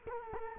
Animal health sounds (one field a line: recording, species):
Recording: mosquito wingbeat signal from an infrared sensor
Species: Culex quinquefasciatus